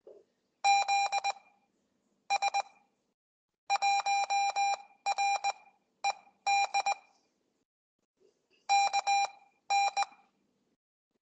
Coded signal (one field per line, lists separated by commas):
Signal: Morse code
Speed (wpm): 20 wpm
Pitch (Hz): 800 Hz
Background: none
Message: ZS1RED KN